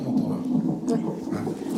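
A steady, rumbling, whooshing pulse from a fetal monitor during labour in a maternity ward in Mayotte, with low murmur of the room behind it. These are the baby's heart tones picked up by Doppler, with the monitor also tracking contractions; the beat-to-beat rhythm is not clearly countable in this short stretch.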